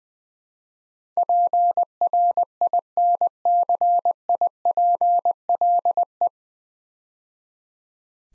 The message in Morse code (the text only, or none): PRINCIPLE